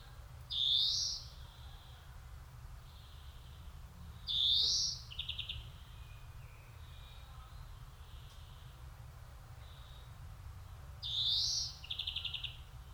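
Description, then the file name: European greenfinch calls: three short, bright rising notes each trailed by a brief buzzy phrase, spaced several seconds apart, over a steady low rumble. "Chloris chloris"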